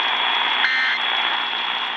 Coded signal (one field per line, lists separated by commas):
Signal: Emergency Alert System (SAME) tones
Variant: end-of-message bursts